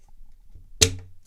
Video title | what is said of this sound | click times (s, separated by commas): Not What I Expected At All - Jucoci Miniatures Storage / Transport Case Review | But it's in. Like I say, it's not an aggressive snap. You definitely know when it's in. There's a nice satisfying click. | 0.8 s